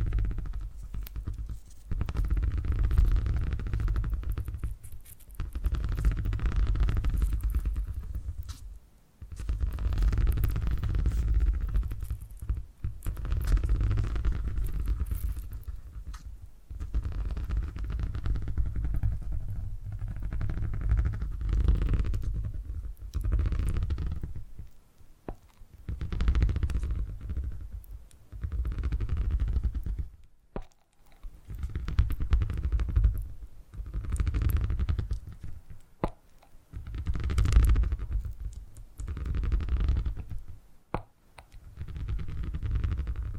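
Low, rumbling purring comes in steady bursts of a few seconds each, broken by short quiet gaps every several seconds. The sound sits deep and grainy, with a faint airy hiss above it and occasional soft clicks between bursts.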